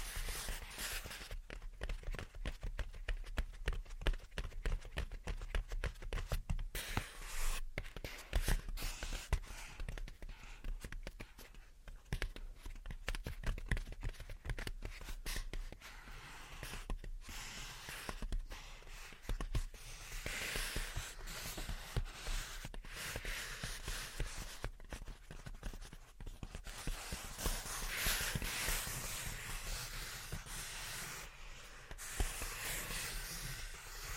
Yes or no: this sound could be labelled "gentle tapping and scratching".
yes